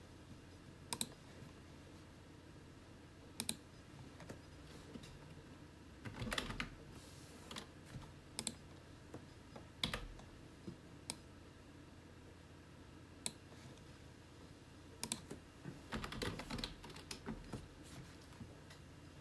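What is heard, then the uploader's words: Scattered keyboard typing and mouse clicks tap out irregularly, with short bursts near six and sixteen seconds, over a steady low computer whir. Small room office with gentle typing on keyboard, clicking of the computer mouse, and gentle whirring of personal computer nearby.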